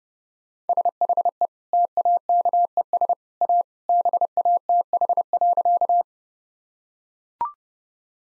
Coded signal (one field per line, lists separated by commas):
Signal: Morse code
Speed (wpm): 30 wpm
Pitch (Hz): 700 Hz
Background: none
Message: SHE TAKES A BATH.